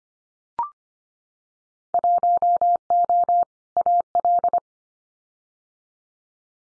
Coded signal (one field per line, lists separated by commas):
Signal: Morse code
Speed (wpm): 25 wpm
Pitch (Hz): 700 Hz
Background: none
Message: 1O AL